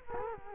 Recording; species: mosquito wingbeat signal from an infrared sensor; Culex quinquefasciatus